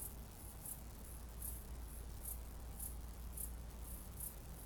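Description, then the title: Cicada call of quick, high rasping pulses, alternating stronger and weaker ones a few times a second, over a deep steady hum. "jsfanclub_cicade"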